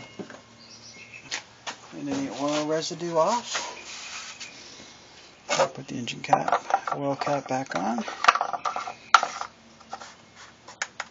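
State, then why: Not seated. A plastic oil filler cap on a 2009 Hyundai Accent is handled over the engine's valve cover after refilling the engine oil. Someone talks while light rubbing, scraping and sharp plastic taps are heard, the strongest near 9.2 seconds. Nothing has seated or clicked yet; the cap is not yet home when the clip ends.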